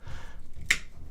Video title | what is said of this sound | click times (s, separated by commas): Vlogging with a GoPro Hero 7: All Day Power | You can hear it snap. | 0.7 s